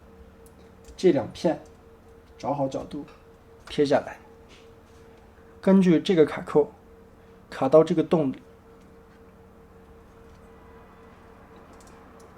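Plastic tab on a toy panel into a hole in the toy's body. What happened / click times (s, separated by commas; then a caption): Plastic tab lined up, not yet clicked in / none. Someone talks in short bursts while a plastic tab on the nose/cockpit panel of a transforming robot toy is lined up with its hole in the toy's body, ready to be pushed fully in. A steady low hum runs underneath. Nothing has seated or clicked yet.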